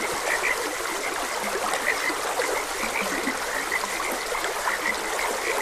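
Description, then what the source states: Overlapping frog croaks repeat quickly at a mid pitch, occasional lower croaks in between, under a continuous trickle of water. Frogs croaking beside a gentle stream.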